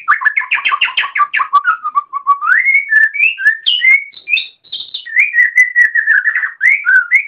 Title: Kicau Kacer